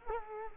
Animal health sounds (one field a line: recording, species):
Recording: mosquito wingbeat signal from an infrared sensor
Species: Culex quinquefasciatus